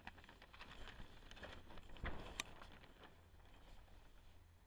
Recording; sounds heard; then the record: poultry house recording; no chicken sound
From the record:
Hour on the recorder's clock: 12